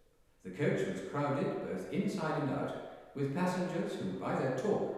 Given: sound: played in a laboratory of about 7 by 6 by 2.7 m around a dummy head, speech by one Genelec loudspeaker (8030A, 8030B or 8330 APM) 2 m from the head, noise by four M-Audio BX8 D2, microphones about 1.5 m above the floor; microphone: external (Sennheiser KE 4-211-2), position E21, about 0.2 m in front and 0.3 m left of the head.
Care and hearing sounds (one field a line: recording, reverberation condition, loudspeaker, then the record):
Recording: male speech in English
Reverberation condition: high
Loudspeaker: 90 degrees to the right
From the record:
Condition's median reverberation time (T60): about 1300 ms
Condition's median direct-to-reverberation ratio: about -4.0 dB